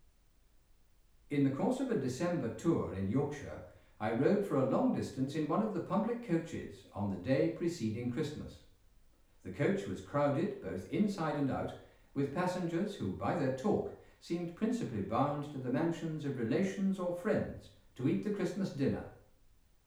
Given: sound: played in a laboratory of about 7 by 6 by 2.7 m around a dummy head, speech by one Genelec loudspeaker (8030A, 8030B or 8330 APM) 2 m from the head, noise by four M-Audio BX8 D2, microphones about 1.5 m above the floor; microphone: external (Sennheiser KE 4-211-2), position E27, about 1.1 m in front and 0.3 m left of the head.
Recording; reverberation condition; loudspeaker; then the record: male speech in English; medium; 120 degrees to the right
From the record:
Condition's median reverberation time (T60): about 510 ms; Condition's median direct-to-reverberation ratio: about -0.5 dB